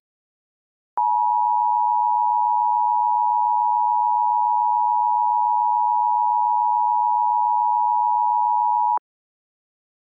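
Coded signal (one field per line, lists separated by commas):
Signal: Emergency Alert System (SAME) tones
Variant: 853 and 960 Hz attention tone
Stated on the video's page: Fictional EAS scenario with genuine, valid EAS SAME tones capable of triggering real activations.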